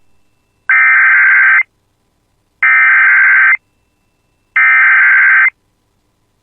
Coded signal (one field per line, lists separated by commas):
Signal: Emergency Alert System (SAME) tones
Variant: header bursts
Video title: [EAS] Tornado Warning Southwest of Fosston (7/6/26)